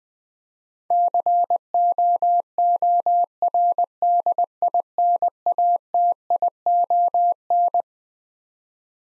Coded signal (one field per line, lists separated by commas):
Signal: Morse code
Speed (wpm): 20 wpm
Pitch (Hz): 700 Hz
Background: none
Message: COORDINATION